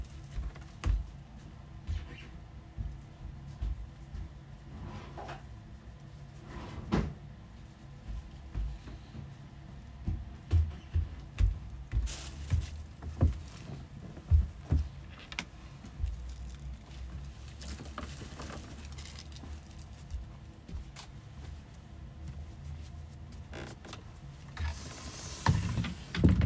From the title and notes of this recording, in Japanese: 掃除と片付け。ゴミを一箇所に集める。